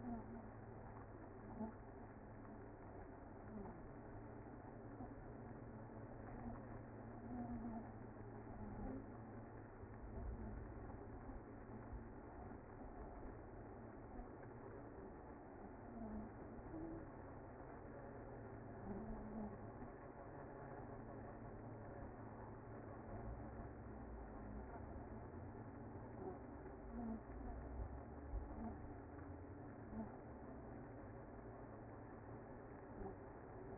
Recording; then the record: honeybee colony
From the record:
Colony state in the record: active